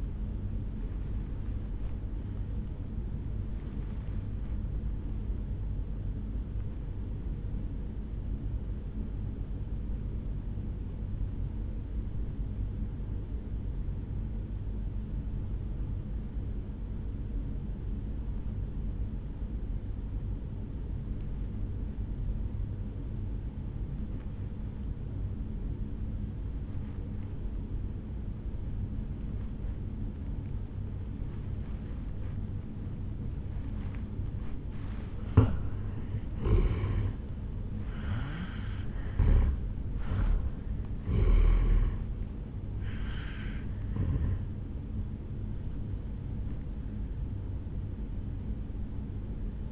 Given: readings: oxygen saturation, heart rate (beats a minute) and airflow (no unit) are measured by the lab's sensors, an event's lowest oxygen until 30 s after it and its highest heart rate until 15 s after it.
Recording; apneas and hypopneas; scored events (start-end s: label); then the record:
breathing in sleep by a smartphone at the bedside; 1
10.00-37.10 s: obstructive apnea (N1, oxygen 96% highest, then 82% lowest, heart rate 55 at the start, 74 highest)
18.00-49.71 s: new sleep stage, N2 (light sleep)
From the record:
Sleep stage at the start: N1 (lightest sleep); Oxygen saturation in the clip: 83 to 96%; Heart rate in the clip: 53 to 75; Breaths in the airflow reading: 5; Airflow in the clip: -10.3 to 7.1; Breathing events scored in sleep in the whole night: 449 in 7.0 hours asleep